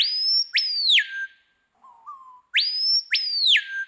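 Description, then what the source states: Screaming Piha scream: loud whistled notes sweeping up then dropping sharply, given in pairs, with a soft lower whistle in the pause between bursts. Amazonian voice, used on jungle movie soundtracks.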